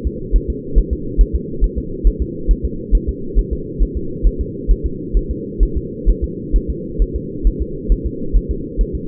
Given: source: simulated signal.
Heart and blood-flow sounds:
fetal heart sounds
0.07 s: S2
0.36 s: S1
0.50 s: S2
0.79 s: S1
0.93 s: S2
1.21 s: S1
1.36 s: S2
1.64 s: S1
1.78 s: S2
2.07 s: S1
2.22 s: S2
2.51 s: S1
2.65 s: S2
2.95 s: S1
3.09 s: S2
3.39 s: S1
3.53 s: S2
3.83 s: S1
3.97 s: S2
4.27 s: S1
4.41 s: S2
4.71 s: S1
4.86 s: S2
5.17 s: S1
5.31 s: S2
5.63 s: S1
5.77 s: S2
6.10 s: S1
6.24 s: S2
6.56 s: S1
6.70 s: S2
7.02 s: S1
7.16 s: S2
7.47 s: S1
7.62 s: S2
7.92 s: S1
8.06 s: S2
8.37 s: S1
8.51 s: S2
8.81 s: S1
8.95 s: S2
From the record:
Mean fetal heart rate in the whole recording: 135 bpm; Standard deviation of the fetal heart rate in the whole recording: 3 bpm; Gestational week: 36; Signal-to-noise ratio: -4.3 dB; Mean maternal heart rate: 72 bpm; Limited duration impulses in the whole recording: absent

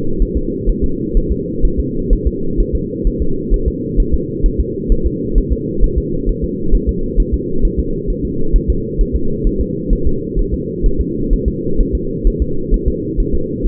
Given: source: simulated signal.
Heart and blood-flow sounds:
fetal heart sounds
0.22 s: S1
0.37 s: S2
0.69 s: S1
0.84 s: S2
1.17 s: S1
1.32 s: S2
1.65 s: S1
1.80 s: S2
2.13 s: S1
2.27 s: S2
2.60 s: S1
2.75 s: S2
3.07 s: S1
3.22 s: S2
3.54 s: S1
3.68 s: S2
4.00 s: S1
4.14 s: S2
4.46 s: S1
4.60 s: S2
4.92 s: S1
5.06 s: S2
5.38 s: S1
5.53 s: S2
5.84 s: S1
5.98 s: S2
6.29 s: S1
6.44 s: S2
6.75 s: S1
6.89 s: S2
7.20 s: S1
7.34 s: S2
7.65 s: S1
7.79 s: S2
8.10 s: S1
8.25 s: S2
8.56 s: S1
8.70 s: S2
9.01 s: S1
9.16 s: S2
9.47 s: S1
9.61 s: S2
9.93 s: S1
10.07 s: S2
10.39 s: S1
10.54 s: S2
10.86 s: S1
11.01 s: S2
11.33 s: S1
11.48 s: S2
11.81 s: S1
11.95 s: S2
12.27 s: S1
12.42 s: S2
12.74 s: S1
12.88 s: S2
13.20 s: S1
13.35 s: S2
13.66 s: S1
From the record:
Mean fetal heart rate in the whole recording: 130 bpm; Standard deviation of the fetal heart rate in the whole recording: 4 bpm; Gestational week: 38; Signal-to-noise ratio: -8.1 dB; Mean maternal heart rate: 72 bpm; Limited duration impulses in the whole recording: present

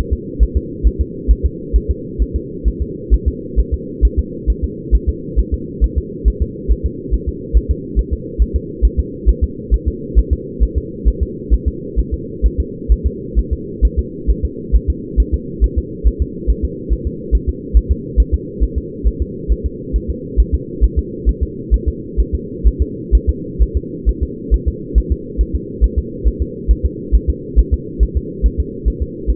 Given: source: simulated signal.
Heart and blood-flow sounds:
fetal heart sounds
0.13 s: S2
0.43 s: S1
0.57 s: S2
0.87 s: S1
1.01 s: S2
1.31 s: S1
1.45 s: S2
1.76 s: S1
1.91 s: S2
2.22 s: S1
2.36 s: S2
2.68 s: S1
2.82 s: S2
3.14 s: S1
3.28 s: S2
3.60 s: S1
3.74 s: S2
4.05 s: S1
4.19 s: S2
4.50 s: S1
4.64 s: S2
4.95 s: S1
5.09 s: S2
5.39 s: S1
5.54 s: S2
5.84 s: S1
5.98 s: S2
6.28 s: S1
6.42 s: S2
6.71 s: S1
6.86 s: S2
7.14 s: S1
7.29 s: S2
7.57 s: S1
7.71 s: S2
7.99 s: S1
8.13 s: S2
8.42 s: S1
8.56 s: S2
8.85 s: S1
8.99 s: S2
9.29 s: S1
9.44 s: S2
9.74 s: S1
9.88 s: S2
10.19 s: S1
10.33 s: S2
10.63 s: S1
10.78 s: S2
11.08 s: S1
11.23 s: S2
11.54 s: S1
11.68 s: S2
11.99 s: S1
12.14 s: S2
12.46 s: S1
12.60 s: S2
12.92 s: S1
13.07 s: S2
13.39 s: S1
13.53 s: S2
13.85 s: S1
13.99 s: S2
14.30 s: S1
14.45 s: S2
14.76 s: S1
14.90 s: S2
15.20 s: S1
15.34 s: S2
15.64 s: S1
15.78 s: S2
16.07 s: S1
16.22 s: S2
16.50 s: S1
16.65 s: S2
16.93 s: S1
17.07 s: S2
17.35 s: S1
17.49 s: S2
17.77 s: S1
17.91 s: S2
18.20 s: S1
18.34 s: S2
18.63 s: S1
18.78 s: S2
19.07 s: S1
19.22 s: S2
19.52 s: S1
19.66 s: S2
19.96 s: S1
20.10 s: S2
20.40 s: S1
20.54 s: S2
20.84 s: S1
20.99 s: S2
21.29 s: S1
21.43 s: S2
21.74 s: S1
21.88 s: S2
22.20 s: S1
22.35 s: S2
22.68 s: S1
22.82 s: S2
23.15 s: S1
23.29 s: S2
23.62 s: S1
23.77 s: S2
24.09 s: S1
24.23 s: S2
24.54 s: S1
24.68 s: S2
24.98 s: S1
25.12 s: S2
25.41 s: S1
25.55 s: S2
25.84 s: S1
25.98 s: S2
26.27 s: S1
26.42 s: S2
26.71 s: S1
26.85 s: S2
27.15 s: S1
27.29 s: S2
27.59 s: S1
27.74 s: S2
28.03 s: S1
28.17 s: S2
28.46 s: S1
28.60 s: S2
28.88 s: S1
29.02 s: S2
29.30 s: S1
From the record:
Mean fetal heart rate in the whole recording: 135 bpm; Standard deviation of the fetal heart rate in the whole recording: 3 bpm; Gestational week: 34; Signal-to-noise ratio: -4.1 dB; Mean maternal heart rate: no maternal heart sound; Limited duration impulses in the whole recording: absent

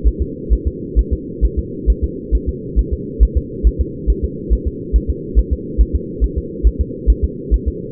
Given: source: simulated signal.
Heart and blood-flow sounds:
fetal heart sounds
0.07 s: S1
0.22 s: S2
0.53 s: S1
0.68 s: S2
0.99 s: S1
1.13 s: S2
1.45 s: S1
1.59 s: S2
1.90 s: S1
2.04 s: S2
2.35 s: S1
2.49 s: S2
2.79 s: S1
2.93 s: S2
3.23 s: S1
3.37 s: S2
3.67 s: S1
3.81 s: S2
4.10 s: S1
4.24 s: S2
4.53 s: S1
4.68 s: S2
4.96 s: S1
5.10 s: S2
5.39 s: S1
5.53 s: S2
5.81 s: S1
5.96 s: S2
6.24 s: S1
6.38 s: S2
6.67 s: S1
6.81 s: S2
7.10 s: S1
7.24 s: S2
7.54 s: S1
7.68 s: S2
From the record:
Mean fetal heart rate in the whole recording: 135 bpm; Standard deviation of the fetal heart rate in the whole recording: 3 bpm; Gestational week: 34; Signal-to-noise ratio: -4.1 dB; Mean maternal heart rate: no maternal heart sound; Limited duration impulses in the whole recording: absent

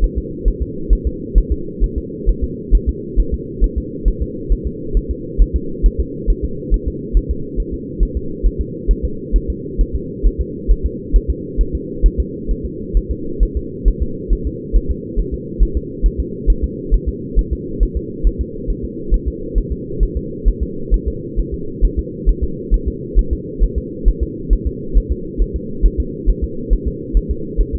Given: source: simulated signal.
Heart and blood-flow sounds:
fetal heart sounds
0.04 s: S1
0.18 s: S2
0.48 s: S1
0.62 s: S2
0.93 s: S1
1.07 s: S2
1.38 s: S1
1.52 s: S2
1.84 s: S1
1.98 s: S2
2.29 s: S1
2.44 s: S2
2.75 s: S1
2.89 s: S2
3.20 s: S1
3.34 s: S2
3.64 s: S1
3.78 s: S2
4.08 s: S1
4.22 s: S2
4.52 s: S1
4.67 s: S2
4.97 s: S1
5.11 s: S2
5.42 s: S1
5.56 s: S2
5.86 s: S1
6.00 s: S2
6.30 s: S1
6.45 s: S2
6.74 s: S1
6.88 s: S2
7.17 s: S1
7.31 s: S2
7.60 s: S1
7.74 s: S2
8.03 s: S1
8.17 s: S2
8.46 s: S1
8.61 s: S2
8.91 s: S1
9.05 s: S2
9.36 s: S1
9.50 s: S2
9.81 s: S1
9.95 s: S2
10.26 s: S1
10.41 s: S2
10.71 s: S1
10.86 s: S2
11.16 s: S1
11.30 s: S2
11.61 s: S1
11.75 s: S2
12.06 s: S1
12.20 s: S2
12.51 s: S1
12.66 s: S2
12.97 s: S1
13.11 s: S2
13.43 s: S1
13.57 s: S2
13.88 s: S1
14.02 s: S2
14.33 s: S1
14.47 s: S2
14.76 s: S1
14.91 s: S2
15.20 s: S1
15.34 s: S2
15.63 s: S1
15.77 s: S2
16.06 s: S1
16.20 s: S2
16.50 s: S1
16.64 s: S2
16.94 s: S1
17.09 s: S2
17.39 s: S1
17.53 s: S2
17.83 s: S1
17.97 s: S2
18.27 s: S1
18.41 s: S2
18.70 s: S1
18.85 s: S2
19.14 s: S1
19.28 s: S2
19.58 s: S1
19.72 s: S2
20.03 s: S1
20.17 s: S2
20.48 s: S1
20.63 s: S2
20.94 s: S1
21.08 s: S2
21.39 s: S1
21.54 s: S2
21.85 s: S1
21.99 s: S2
22.29 s: S1
22.44 s: S2
22.74 s: S1
22.88 s: S2
23.19 s: S1
23.33 s: S2
23.64 s: S1
23.78 s: S2
24.08 s: S1
24.23 s: S2
24.53 s: S1
24.67 s: S2
24.97 s: S1
25.12 s: S2
25.42 s: S1
25.56 s: S2
25.86 s: S1
26.00 s: S2
26.29 s: S1
26.44 s: S2
26.73 s: S1
26.88 s: S2
27.17 s: S1
27.31 s: S2
27.61 s: S1
27.75 s: S2
From the record:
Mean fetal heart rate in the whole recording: 135 bpm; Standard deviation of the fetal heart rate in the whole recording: 3 bpm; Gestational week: 36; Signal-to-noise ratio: -4.3 dB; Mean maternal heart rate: 72 bpm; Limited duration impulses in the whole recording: absent

